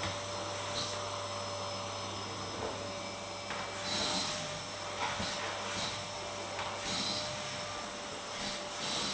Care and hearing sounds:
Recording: daily activity, microphone in the room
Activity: vacuum cleaning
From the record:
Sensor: 3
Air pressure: 1000.1 hPa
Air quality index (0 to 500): 136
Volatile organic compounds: 2 ppm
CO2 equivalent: 1210 ppm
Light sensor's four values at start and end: 39/100/42/46 and 38/97/41/44

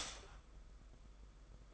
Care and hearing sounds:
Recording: daily activity, microphone in the room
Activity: stop toaster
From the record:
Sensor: 5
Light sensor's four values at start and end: 33/109/41/43 and 33/109/41/43

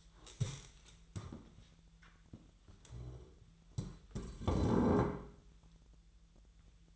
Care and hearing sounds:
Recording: daily activity, microphone in the room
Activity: stand up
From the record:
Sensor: 3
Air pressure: 1001.9 hPa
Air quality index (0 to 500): 247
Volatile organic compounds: 126 ppm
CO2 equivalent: 3907 ppm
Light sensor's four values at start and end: 9/21/9/9 and 9/21/9/9

